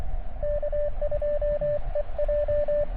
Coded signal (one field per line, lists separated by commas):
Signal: Morse code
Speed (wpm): 25 wpm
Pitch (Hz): 590 Hz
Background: radio noise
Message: K2EJ